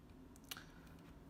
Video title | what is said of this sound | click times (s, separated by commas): Polaroid SX70 TELE 1.5 Lens review | it in apply pressure to the left side apply pressure to the right you'll hear two clicks and there it goes | 0.4 s, 0.5 s